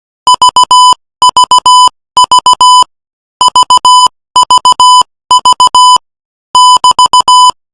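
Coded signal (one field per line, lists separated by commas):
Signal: Morse code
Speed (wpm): 16 wpm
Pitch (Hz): 1000 Hz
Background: music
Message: VVV VVV <BT>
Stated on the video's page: Morse code sent at 18 words per minute.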